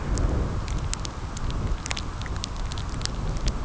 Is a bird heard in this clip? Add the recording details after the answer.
no. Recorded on Arctic tundra, site CORI-1, on 15 June 2018. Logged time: 12:00